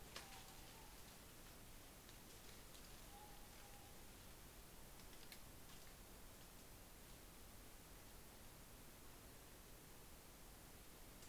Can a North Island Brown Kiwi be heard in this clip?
no